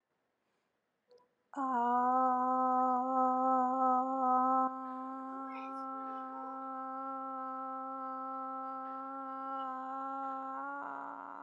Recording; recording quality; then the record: sustained vowel as in made; excellent, no background noise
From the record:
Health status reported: healthy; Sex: female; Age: 35 years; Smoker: no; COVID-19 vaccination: one dose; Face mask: not worn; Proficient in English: yes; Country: India